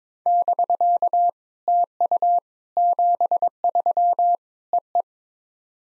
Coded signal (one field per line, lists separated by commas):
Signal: Morse code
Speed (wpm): 22 wpm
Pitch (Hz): 700 Hz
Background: none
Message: <BK> TU 73 EE